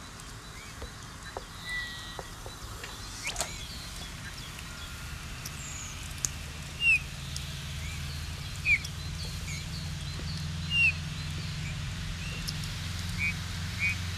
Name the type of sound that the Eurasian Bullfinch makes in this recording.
song